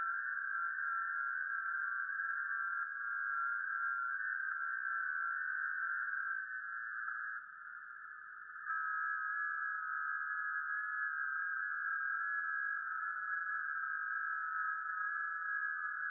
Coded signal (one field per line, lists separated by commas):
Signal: FT8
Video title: [LIVE - INTERACTIVE - 360] - Rev Jon Valt's Parasocial Social Hour! - Music, Ham Radio, Shenanigans